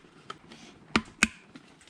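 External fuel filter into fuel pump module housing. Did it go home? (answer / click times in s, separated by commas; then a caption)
yes / 1.0 s, 1.2 s. An external fuel filter on an SRT4 fuel pump module is lined up with two plastic tabs and pushed into the module housing until it snaps into place. Two sharp clicks at 1.0 s and 1.2 s seat it. Fainter ticks come at about 0.3 s, 1.6 s and 1.9 s over quiet background noise.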